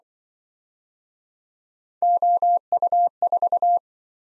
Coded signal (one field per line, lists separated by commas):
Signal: Morse code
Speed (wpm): 24 wpm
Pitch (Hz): 700 Hz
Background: none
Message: OU4